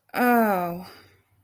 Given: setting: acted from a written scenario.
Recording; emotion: vocal sound without words; disappointment